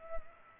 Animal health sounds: mosquito wingbeat signal from an infrared sensor; Culex pipiens

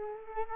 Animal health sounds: mosquito wingbeat signal from an infrared sensor; Culex quinquefasciatus

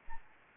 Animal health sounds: mosquito wingbeat signal from an infrared sensor; Anopheles gambiae

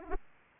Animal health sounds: mosquito wingbeat signal from an infrared sensor; Aedes aegypti

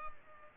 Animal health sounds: mosquito wingbeat signal from an infrared sensor; Culex pipiens

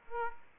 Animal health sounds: mosquito wingbeat signal from an infrared sensor; Aedes aegypti

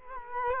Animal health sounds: mosquito wingbeat signal from an infrared sensor; Culex quinquefasciatus

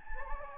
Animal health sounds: mosquito wingbeat signal from an infrared sensor; Anopheles gambiae

